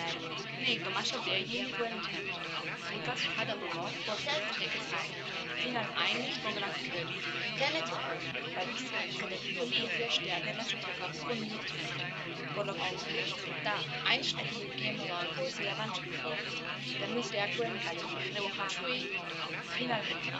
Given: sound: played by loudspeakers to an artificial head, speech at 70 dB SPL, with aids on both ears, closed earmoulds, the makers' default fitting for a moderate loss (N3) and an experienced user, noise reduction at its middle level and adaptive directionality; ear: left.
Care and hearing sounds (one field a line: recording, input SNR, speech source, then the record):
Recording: speech test signal (ISTS) in cocktail-party noise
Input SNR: -6 dB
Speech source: in front (0 degrees)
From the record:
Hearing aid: class 1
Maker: F